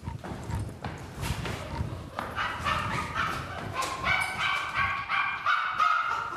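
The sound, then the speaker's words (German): A dog barks in short, sharp bursts in a rundown Soviet-era three-room apartment, over a busy, clattering background of knocks and rustling, with some higher tonal sounds drifting in toward the end. “Katze Sonja und Hund Keks leben in einer etwas heruntergekommenen Drei-Zimmer-Wohnung aus der Blütezeit der Sowjetunion”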